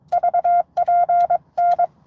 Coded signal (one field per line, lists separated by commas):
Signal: Morse code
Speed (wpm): 22 wpm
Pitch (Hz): 700 Hz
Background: none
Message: VPN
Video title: N2AKJ is live! doing a 12days of xmas pota #12daysofxmas #n2akj #pota #morsecode